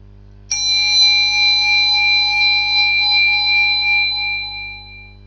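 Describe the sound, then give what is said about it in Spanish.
A single meditation bell is struck once, ringing with a bright, clear tone and shimmering overtones that hold steadily before slowly fading away into silence. “A continuación, va a sonar una campanilla de meditación. Debéis seguir su sonido hasta el final, hasta que se haga el vacío.”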